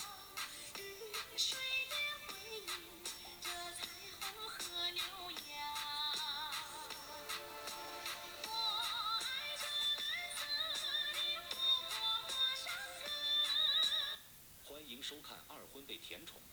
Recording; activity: daily activity, guitar pickup as the sensor; browse video